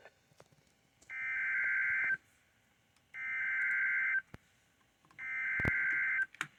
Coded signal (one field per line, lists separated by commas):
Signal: Emergency Alert System (SAME) tones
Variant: header bursts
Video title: EAS Alert #124. Severe Thunderstorm Warning.